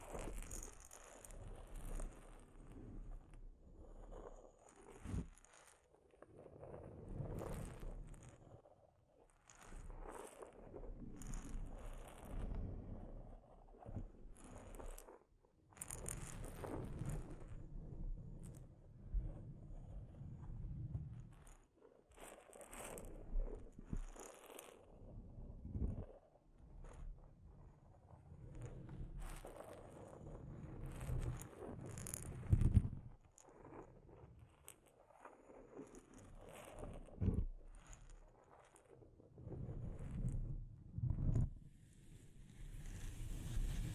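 Delicate scratching and tapping on a microphone, with soft rubbing strokes and frequent light taps through the whole clip, a few sharper ones near 5, 16 and 33 seconds. The sound stays low and muffled, with brief faint quiet gaps between bursts.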